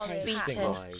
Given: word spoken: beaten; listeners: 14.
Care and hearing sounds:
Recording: one English word in noise, from a listening test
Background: four-talker babble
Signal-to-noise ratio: -1.0 dB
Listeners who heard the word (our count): 5 of 14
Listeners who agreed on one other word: 6 of 14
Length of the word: 0.61 s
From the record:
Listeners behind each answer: 6, 5, 1, 1, 1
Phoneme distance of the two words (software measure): 27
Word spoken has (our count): 2 syllables, 4 phonemes, stress on syllable 1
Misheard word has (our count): 1 syllable, 3 phonemes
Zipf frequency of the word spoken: 4.52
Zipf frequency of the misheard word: 4.76

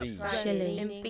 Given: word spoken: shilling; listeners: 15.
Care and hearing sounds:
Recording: one English word in noise, from a listening test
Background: four-talker babble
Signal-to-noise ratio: 0.4 dB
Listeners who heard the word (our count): 5 of 15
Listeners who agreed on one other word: 9 of 15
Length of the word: 0.70 s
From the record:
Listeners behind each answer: 9, 5, 1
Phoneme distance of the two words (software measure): 27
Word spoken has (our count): 2 syllables, 5 phonemes, stress on syllable 1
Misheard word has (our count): 2 syllables, 4 phonemes, stress on syllable 1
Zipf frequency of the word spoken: 3.30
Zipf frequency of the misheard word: 4.04

